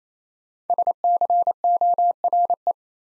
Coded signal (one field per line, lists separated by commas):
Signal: Morse code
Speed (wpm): 29 wpm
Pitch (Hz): 700 Hz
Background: none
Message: SCORE